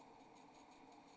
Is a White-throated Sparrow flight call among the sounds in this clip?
no